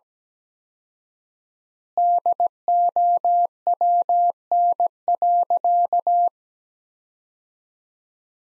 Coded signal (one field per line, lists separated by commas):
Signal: Morse code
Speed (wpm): 17 wpm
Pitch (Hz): 700 Hz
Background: none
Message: DOWN.